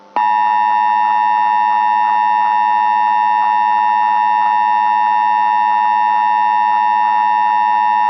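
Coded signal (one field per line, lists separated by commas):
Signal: Emergency Alert System (SAME) tones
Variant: 853 and 960 Hz attention tone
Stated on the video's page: Mock EAS alerts, some recreational, from unreleased content.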